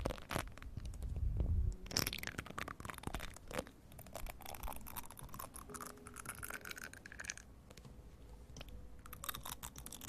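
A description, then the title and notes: Ear eating: wet mouth sounds with dense smacks, clicks and crunchy rustles. The opening two seconds are loudest, with a heavy low rumble and a sharp burst near the two-second mark. After that the clicks stay busy but softer, with a faint steady tone underneath. Relaxing Ear Eating.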